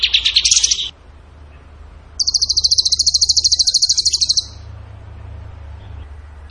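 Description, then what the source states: Bird song: a short buzzy burst, a pause, then a sustained high, fast trill lasting about two seconds, ending with a brief note. Songbird training audio (masteran) in the tembakan gacor song style.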